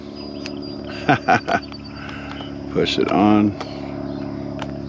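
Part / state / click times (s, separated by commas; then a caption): phone case into a handlebar phone mount / seated / 4.6 s. A phone case is pushed onto a Quad Lock handlebar clamp mount on a Royal Enfield Meteor 350 and twisted until it locks. Over a steady low engine-like hum, someone talks, and a sharp click at 4.6 s marks the case seating firmly in the mount.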